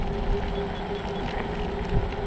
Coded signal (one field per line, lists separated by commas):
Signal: none